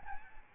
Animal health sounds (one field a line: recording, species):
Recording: mosquito wingbeat signal from an infrared sensor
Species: Aedes albopictus